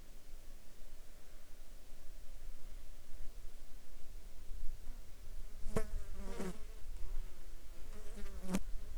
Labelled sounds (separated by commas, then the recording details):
insects
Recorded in the Arctic National Wildlife Refuge, Alaska, on 14 July 2019 at 20:09
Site 35